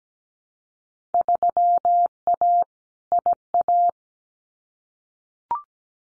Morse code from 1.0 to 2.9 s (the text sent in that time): 3A